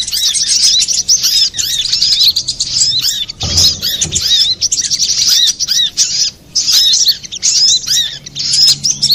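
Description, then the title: Little spiderhunter pouring out rapid shrill twitters and slurred whistles with short pauses, plus a soft thud partway through. Masteran training recording for cage birds, labelled Labaik. "Sogok Ontong Labaik"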